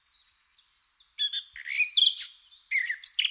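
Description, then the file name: Eurasian blackcap song opening with a few soft, thin notes and building into a loud, jumbled warble of varied whistles and chatters. "Sylvia atricapilla"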